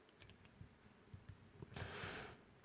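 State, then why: Not seated. A plastic weapon accessory is pushed into an action figure's hand and resists; the attempt fails and the weapon is not fitted. Small plastic handling taps and rubbing are heard, including a longer scraping burst around 1.8 seconds. Nothing has seated or clicked yet.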